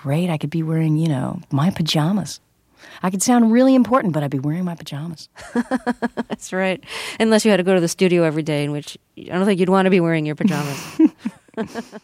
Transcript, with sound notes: I could be wearing, you know, my pajamas. I could sound really important, but I'd be wearing my pajamas.
(Laughter) That's right, unless you had to go to the studio every day, in which I don't think you'd want to be wearing your pajamas.